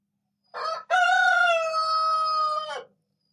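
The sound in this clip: Rooster crow, one full cock-a-doodle-doo: a brief first syllable, a pause, then a sustained, slightly falling drawn-out note lasting about two seconds.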